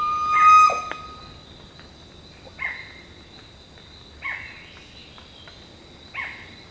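Bird calls: a loud flat whistle opens, then harsh descending notes repeat roughly every two seconds, three more times, over a quiet steady hum.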